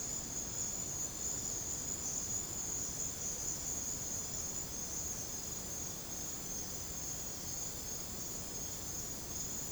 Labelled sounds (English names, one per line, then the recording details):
none
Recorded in secondary vegetation near Puerto Asís, Putumayo, Colombia, on 21 December 2024 at 02:30
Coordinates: 0.489, -76.322
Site G059